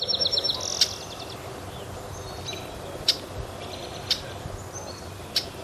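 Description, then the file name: Tree swallow calls: a quick run of short high chirps at the start, then a few single sharp chips spaced a second or more apart over steady background hiss. "Tachycineta bicolor"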